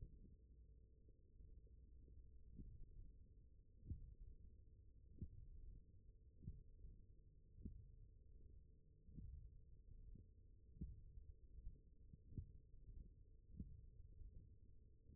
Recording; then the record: forearm muscle sounds (acoustic myography)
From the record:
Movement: hand closing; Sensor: system 1, eight BSWA MPA416 microphones around the upper forearm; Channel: 1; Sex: male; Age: 21 years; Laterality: right